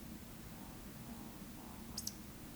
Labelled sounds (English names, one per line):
Eurasian Woodcock whistle
Eurasian Woodcock croak